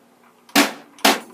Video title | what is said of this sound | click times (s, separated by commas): Basic Rudiments for a 6 year old | all the way until it clicks you got to push hard all right there you go | 1.1 s